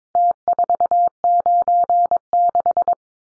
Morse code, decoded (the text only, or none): T496